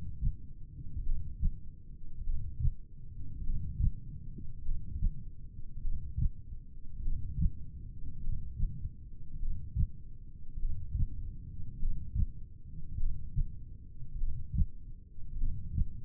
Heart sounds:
heart sounds by stethoscope; 50 bpm
1.05 s: heartbeat
2.26 s: heartbeat
3.46 s: heartbeat
4.65 s: heartbeat
5.84 s: heartbeat
7.04 s: heartbeat
8.23 s: heartbeat
9.42 s: heartbeat
10.61 s: heartbeat
11.81 s: heartbeat
12.99 s: heartbeat
14.20 s: heartbeat
15.40 s: heartbeat
From the record:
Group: heart failure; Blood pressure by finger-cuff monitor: 116/66 mmHg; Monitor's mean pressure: 83 mmHg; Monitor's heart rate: 50 bpm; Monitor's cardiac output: 4.3 L/min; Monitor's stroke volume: 86 mL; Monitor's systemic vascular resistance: 1390 dyn s/cm5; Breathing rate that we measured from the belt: 15 breaths a minute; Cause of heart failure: cardiac sarcoid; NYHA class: 1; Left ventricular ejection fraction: 39%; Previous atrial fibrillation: present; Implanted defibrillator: present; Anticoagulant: apixaban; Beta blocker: carvedilol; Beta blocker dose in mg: 50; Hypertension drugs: ramipril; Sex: male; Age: 79 years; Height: 184 cm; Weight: 92.5 kg

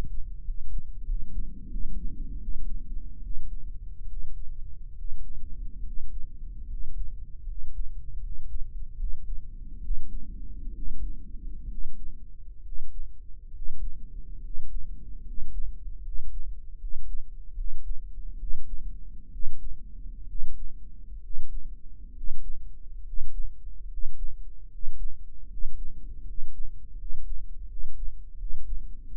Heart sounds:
heart sounds by microphone in the right ear; 73 bpm
0.43 s: heartbeat
1.04 s: heartbeat
1.67 s: heartbeat
2.38 s: heartbeat
3.20 s: heartbeat
4.06 s: heartbeat
4.93 s: heartbeat
5.81 s: heartbeat
6.65 s: heartbeat
7.43 s: heartbeat
8.19 s: heartbeat
8.95 s: heartbeat
9.79 s: heartbeat
10.72 s: heartbeat
11.67 s: heartbeat
12.61 s: heartbeat
13.50 s: heartbeat
14.39 s: heartbeat
15.22 s: heartbeat
16.00 s: heartbeat
16.76 s: heartbeat
17.53 s: heartbeat
18.36 s: heartbeat
19.29 s: heartbeat
20.25 s: heartbeat
21.19 s: heartbeat
22.12 s: heartbeat
23.02 s: heartbeat
23.86 s: heartbeat
24.67 s: heartbeat
25.46 s: heartbeat
26.22 s: heartbeat
26.94 s: heartbeat
27.65 s: heartbeat
28.35 s: heartbeat
29.05 s: heartbeat
From the record:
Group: healthy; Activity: rest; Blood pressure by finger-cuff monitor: 85/59 mmHg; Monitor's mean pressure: 67 mmHg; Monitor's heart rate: 71 bpm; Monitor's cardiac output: 6.3 L/min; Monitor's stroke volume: 87 mL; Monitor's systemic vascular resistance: 760 dyn s/cm5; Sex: male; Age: 23 years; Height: 178 cm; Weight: 96.6 kg

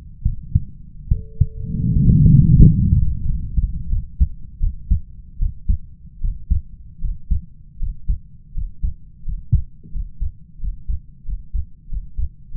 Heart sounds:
heart sounds by stethoscope; 83 bpm
0.22 s: heartbeat
1.08 s: heartbeat
1.92 s: heartbeat
2.63 s: heartbeat
3.25 s: heartbeat
3.88 s: heartbeat
4.59 s: heartbeat
5.38 s: heartbeat
6.20 s: heartbeat
7.00 s: heartbeat
7.78 s: heartbeat
8.53 s: heartbeat
9.24 s: heartbeat
9.92 s: heartbeat
10.59 s: heartbeat
11.25 s: heartbeat
11.89 s: heartbeat
12.51 s: heartbeat
From the record:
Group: healthy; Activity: Valsalva maneuver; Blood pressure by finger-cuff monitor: 123/79 mmHg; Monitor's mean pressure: 89 mmHg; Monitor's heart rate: 79 bpm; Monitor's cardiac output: 5.3 L/min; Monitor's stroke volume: 70 mL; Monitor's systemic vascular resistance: 1240 dyn s/cm5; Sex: male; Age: 21 years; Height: 170 cm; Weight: 71 kg

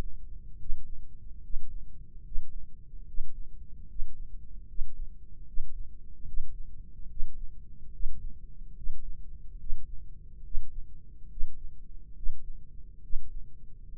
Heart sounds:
heart sounds by microphone in the right ear; 72 bpm
0.55 s: heartbeat
1.40 s: heartbeat
2.21 s: heartbeat
3.04 s: heartbeat
3.86 s: heartbeat
4.65 s: heartbeat
5.44 s: heartbeat
6.25 s: heartbeat
7.07 s: heartbeat
7.91 s: heartbeat
8.74 s: heartbeat
9.57 s: heartbeat
10.42 s: heartbeat
11.28 s: heartbeat
12.14 s: heartbeat
13.01 s: heartbeat
13.89 s: heartbeat
From the record:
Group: healthy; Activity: breath hold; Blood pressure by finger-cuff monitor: 89/59 mmHg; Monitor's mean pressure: 65 mmHg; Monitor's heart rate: 72 bpm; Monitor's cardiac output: 5.3 L/min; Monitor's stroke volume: 73 mL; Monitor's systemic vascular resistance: 860 dyn s/cm5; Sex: female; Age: 22 years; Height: 163 cm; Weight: 67.1 kg

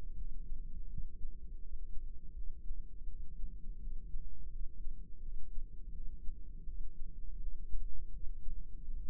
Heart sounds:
heart sounds by microphone in the right ear; 83 bpm
0.15 s: heartbeat
0.87 s: heartbeat
1.60 s: heartbeat
2.34 s: heartbeat
3.06 s: heartbeat
3.79 s: heartbeat
4.50 s: heartbeat
5.20 s: heartbeat
5.92 s: heartbeat
6.64 s: heartbeat
7.38 s: heartbeat
8.11 s: heartbeat
8.82 s: heartbeat
From the record:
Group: healthy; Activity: cold pressor test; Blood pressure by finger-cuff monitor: 172/114 mmHg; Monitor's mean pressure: 136 mmHg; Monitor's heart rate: 82 bpm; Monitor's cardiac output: 4.9 L/min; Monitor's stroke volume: 59 mL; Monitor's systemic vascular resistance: 2090 dyn s/cm5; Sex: female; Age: 51 years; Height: 162 cm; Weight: 70.04 kg

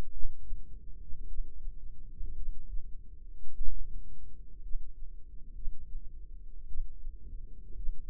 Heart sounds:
heart sounds by microphone in the left ear; 55 bpm
0.12 s: heartbeat
1.26 s: heartbeat
2.35 s: heartbeat
3.55 s: heartbeat
4.61 s: heartbeat
5.54 s: heartbeat
6.67 s: heartbeat
7.75 s: heartbeat
From the record:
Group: healthy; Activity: rest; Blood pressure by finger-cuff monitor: 86/60 mmHg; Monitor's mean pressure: 68 mmHg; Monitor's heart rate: 55 bpm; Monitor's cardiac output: 4.1 L/min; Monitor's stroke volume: 74 mL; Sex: female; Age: 36 years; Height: 163 cm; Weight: 88 kg

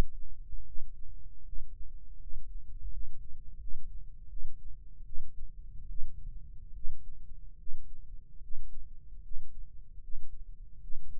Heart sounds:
heart sounds by microphone in the left ear; 77 bpm
0.65 s: heartbeat
1.44 s: heartbeat
2.19 s: heartbeat
2.90 s: heartbeat
3.59 s: heartbeat
4.29 s: heartbeat
5.05 s: heartbeat
5.89 s: heartbeat
6.74 s: heartbeat
7.58 s: heartbeat
8.41 s: heartbeat
9.22 s: heartbeat
10.01 s: heartbeat
10.81 s: heartbeat
From the record:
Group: healthy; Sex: female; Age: 37 years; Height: 168 cm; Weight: 70 kg

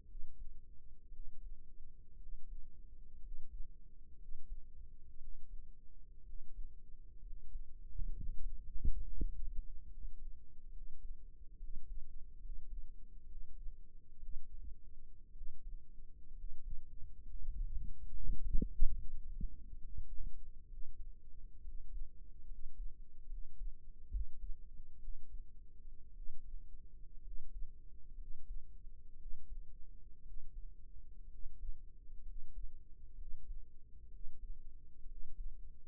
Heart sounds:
heart sounds by microphone in the right ear; 63 bpm
0.05 s: heartbeat
1.10 s: heartbeat
2.17 s: heartbeat
3.19 s: heartbeat
4.16 s: heartbeat
5.18 s: heartbeat
6.23 s: heartbeat
7.20 s: heartbeat
8.11 s: heartbeat
9.01 s: heartbeat
9.87 s: heartbeat
10.70 s: heartbeat
11.58 s: heartbeat
12.39 s: heartbeat
13.26 s: heartbeat
14.19 s: heartbeat
15.32 s: heartbeat
16.34 s: heartbeat
17.23 s: heartbeat
18.11 s: heartbeat
18.96 s: heartbeat
19.78 s: heartbeat
20.67 s: heartbeat
21.62 s: heartbeat
22.46 s: heartbeat
23.27 s: heartbeat
24.09 s: heartbeat
24.99 s: heartbeat
26.13 s: heartbeat
27.21 s: heartbeat
28.15 s: heartbeat
29.16 s: heartbeat
30.22 s: heartbeat
31.28 s: heartbeat
32.23 s: heartbeat
33.15 s: heartbeat
34.09 s: heartbeat
35.05 s: heartbeat
From the record:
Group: healthy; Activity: rest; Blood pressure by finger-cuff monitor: 103/65 mmHg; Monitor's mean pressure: 78 mmHg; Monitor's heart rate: 63 bpm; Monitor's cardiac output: 5.7 L/min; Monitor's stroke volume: 89 mL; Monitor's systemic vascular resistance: 970 dyn s/cm5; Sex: male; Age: 22 years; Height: 181 cm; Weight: 79 kg

